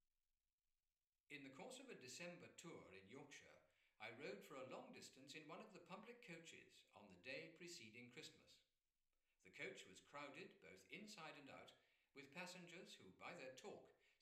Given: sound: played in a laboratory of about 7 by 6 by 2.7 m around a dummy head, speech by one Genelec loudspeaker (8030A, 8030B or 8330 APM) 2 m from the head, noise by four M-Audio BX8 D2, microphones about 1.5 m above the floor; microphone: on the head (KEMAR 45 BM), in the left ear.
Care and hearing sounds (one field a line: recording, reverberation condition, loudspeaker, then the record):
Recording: male speech in English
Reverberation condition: medium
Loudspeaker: 30 degrees to the left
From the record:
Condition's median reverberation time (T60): about 510 ms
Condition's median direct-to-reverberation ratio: about -0.5 dB